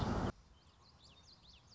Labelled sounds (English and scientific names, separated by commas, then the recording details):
Common Yellowthroat (Geothlypis trichas)
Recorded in Sonoma County, California